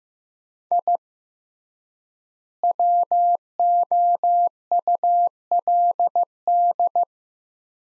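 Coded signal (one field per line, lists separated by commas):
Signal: Morse code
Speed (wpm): 15 wpm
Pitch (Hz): 700 Hz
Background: none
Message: I WOULD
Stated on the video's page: Morse practice at 15 wpm, sets of five words sent with 3x word spacing, a word-based analogue of Farnsworth spacing; head-copy drill with each set then spoken.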